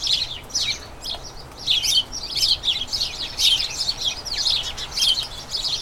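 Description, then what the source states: Sparrow chatter in bursts: house sparrows chirp in clustered flurries of bright, scratchy notes separated by brief quieter gaps. A colony of a dozen house sparrows chattering incessantly and excitedly in a small front garden as crocuses bloom, a sign they are turning toward the breeding season.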